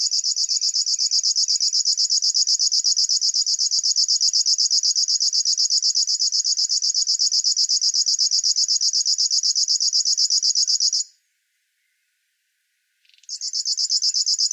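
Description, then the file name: River warbler song, a long steady train of high buzzy pulses that breaks off for about two seconds before starting again. "Schlagschwirl - Locustella fluviatilis"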